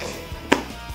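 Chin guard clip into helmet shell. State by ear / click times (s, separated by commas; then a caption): seated / 0.5 s. A plastic clip on the chin guard of a Spyder NEO ACE helmet is pushed back onto the helmet shell. A single sharp click sounds at 0.5 s as the clip snaps into place, and the chin guard is locked and seated.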